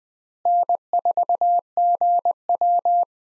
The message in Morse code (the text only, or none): N4GW